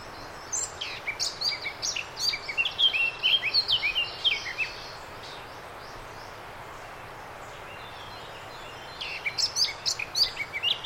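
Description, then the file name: Eurasian blackcap song, a fast, chattering warble with high scratchy and whistled notes for about four seconds, a long quiet gap, then another brief burst. "Sylvia atricapilla"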